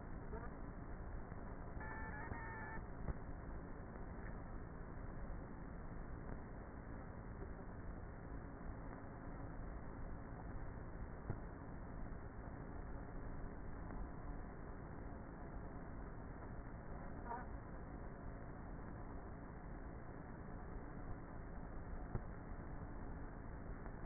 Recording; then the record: honeybee colony, microphone inside the hive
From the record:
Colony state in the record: queenless with a low population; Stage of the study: before two queens were removed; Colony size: about 30,000 bees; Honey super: no